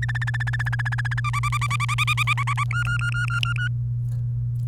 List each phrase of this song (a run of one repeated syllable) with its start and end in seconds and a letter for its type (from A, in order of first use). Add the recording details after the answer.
0.02-1.20 A, 1.24-2.64 B, 2.71-3.68 C. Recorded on 28 April 2018 at 05:58. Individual llb3